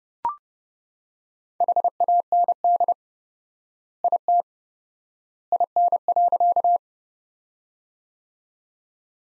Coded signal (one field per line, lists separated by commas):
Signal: Morse code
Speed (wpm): 30 wpm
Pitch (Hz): 700 Hz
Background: none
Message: HAND IT IN.